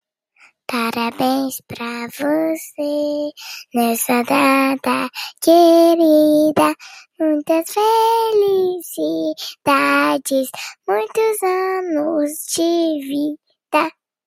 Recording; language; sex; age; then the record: short text; Brazilian Portuguese; female; 30 to 39 years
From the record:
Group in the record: control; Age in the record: 37 years